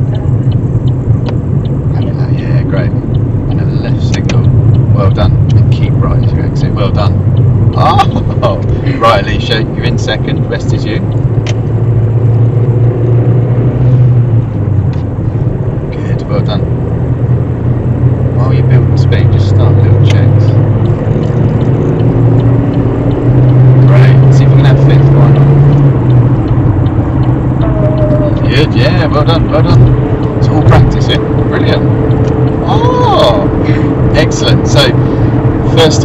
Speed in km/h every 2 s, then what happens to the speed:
37, 37, 40, 45, 44, 50, 48, 53, 56, 69, 79, 90, 89, 87, 87, 89, 89, 89.
3-22 speeds up to 90. 22-36 steady at about 89.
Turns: none.